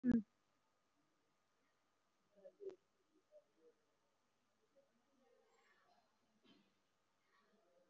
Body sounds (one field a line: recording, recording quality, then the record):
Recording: deep breathing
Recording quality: poor, much background noise or distortion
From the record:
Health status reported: respiratory illness, not identified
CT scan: taken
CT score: 0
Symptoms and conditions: cough, cold, pneumonia, hypertension, diabetes, another condition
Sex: female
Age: 68 years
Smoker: no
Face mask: not worn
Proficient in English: no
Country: India